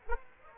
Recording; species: mosquito wingbeat signal from an infrared sensor; Aedes aegypti